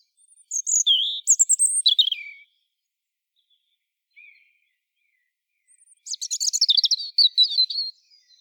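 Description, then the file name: European robin singing, a sparkling phrase of high warbled notes, a quiet pause with one faint note, then a rapid trilling phrase. "Erithacus rubecula"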